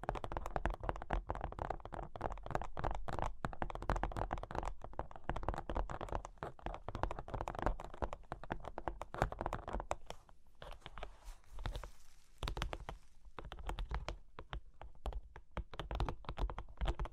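Dense, rapid tapping and scratching on cork and wood, with quick irregular clicks running almost without pause. Around the eleven-to-thirteen-second mark the taps thin out and a softer, hissing scratch or tracing sound comes through before the busy tapping resumes.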